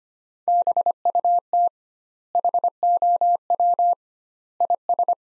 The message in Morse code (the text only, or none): BUT HOW IS